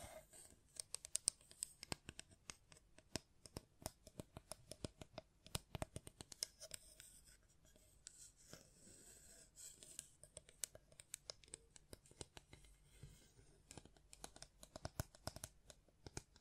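Hand sounds on a microphone: quick, sharp taps and clicks come in irregular bursts throughout, often several per second, with brief pauses between clusters. Between the taps, soft scratching and brushing noise hisses faintly, with a low steady hum underneath.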